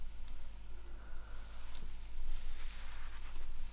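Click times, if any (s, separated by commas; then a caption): none. The top cover of a Brompton bicycle's front dynamo light housing is placed onto the body and lined up, with soft handling noise over a steady low hum and a brief sharp tap at 0.3 s as the parts touch. Nothing has clicked into place yet.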